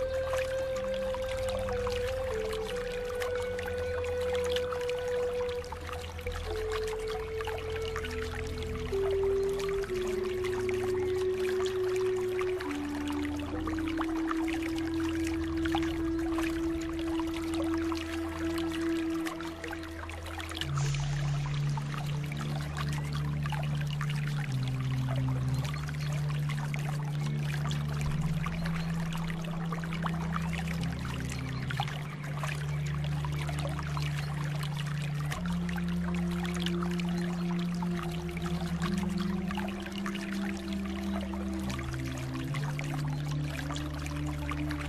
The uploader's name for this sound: Relaxing Water flow sound with deep Relaxing Music